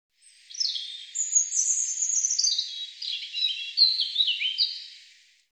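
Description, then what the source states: European robin song: a run of high, thin warbling phrases with quick pitch jumps and sweet sustained whistles, flowing for about five seconds with no other sounds. Cleaned and normalized.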